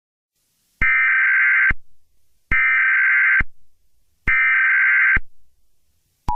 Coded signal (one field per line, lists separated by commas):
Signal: Emergency Alert System (SAME) tones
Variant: header bursts